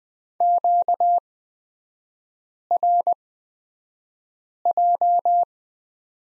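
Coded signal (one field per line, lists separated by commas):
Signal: Morse code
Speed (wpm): 20 wpm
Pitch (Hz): 700 Hz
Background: none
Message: QRJ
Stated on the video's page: Morse code course lesson on the prosign BK with three-character revision, sent at a Farnsworth speed of 20/10 wpm.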